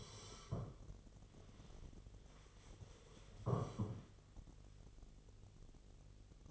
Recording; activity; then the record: daily activity, microphone in the room; sit down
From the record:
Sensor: 4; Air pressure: 1016.1 hPa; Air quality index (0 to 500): 187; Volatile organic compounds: 9 ppm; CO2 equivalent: 2134 ppm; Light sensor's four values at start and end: 9/20/8/7 and 9/20/8/7